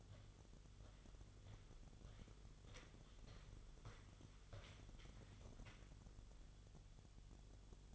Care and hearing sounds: daily activity, microphone in the room; walk to room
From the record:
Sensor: 4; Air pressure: 1009.0 hPa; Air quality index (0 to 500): 145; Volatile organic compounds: 2 ppm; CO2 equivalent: 1049 ppm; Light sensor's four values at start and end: 16/36/14/14 and 15/34/14/14

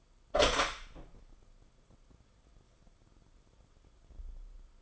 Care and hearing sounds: daily activity, microphone in the room; open door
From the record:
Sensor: 5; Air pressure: 994.5 hPa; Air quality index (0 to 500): 186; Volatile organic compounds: 1000 ppm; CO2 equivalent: 5485 ppm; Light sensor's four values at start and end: 11/28/11/13 and 13/33/13/15

